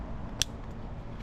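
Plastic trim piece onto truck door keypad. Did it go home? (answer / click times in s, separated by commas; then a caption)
yes / 0.4 s. A plastic trim piece for the door keypad of a 2016 Ford F-150 is pressed together by hand to show how it fits. A single sharp, bright snap rings out at 0.4 s over a quiet, steady low background. The trim piece snaps together and seats.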